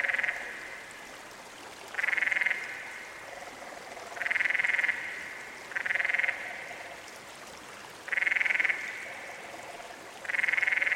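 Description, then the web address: Canyon frog calling repeatedly, five bright pulsed trills about every two seconds, quieter lower-pitched rattling trills filling the pauses. "Dan Gibson's Solitudes Frog Song. Canyon Frog"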